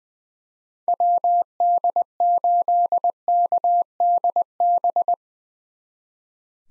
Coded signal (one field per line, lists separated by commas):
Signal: Morse code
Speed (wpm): 20 wpm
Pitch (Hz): 700 Hz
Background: none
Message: WD8KDB